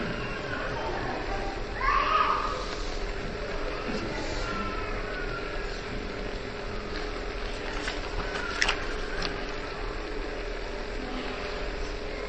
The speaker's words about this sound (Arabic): يرجى من النساء، المرجو من النساء إسكات هؤلاء الأطفال، وإلا سنسكت نحن.